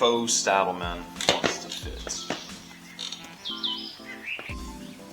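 An aftermarket motorcycle seat, a $100 eBay part for a Yamaha Bolt, is handled for a test fit onto the motorcycle frame mount after the rear seat has been removed. Someone talks over music and a few brief knocks, and nothing has seated or clicked into place yet.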